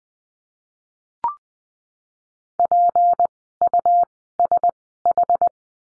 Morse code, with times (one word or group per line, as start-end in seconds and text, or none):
2.6-3.3 P
3.6-4.0 U
4.4-4.7 S
5.1-5.5 H